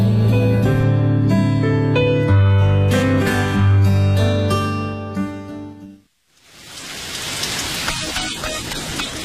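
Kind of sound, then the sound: nature, rain falling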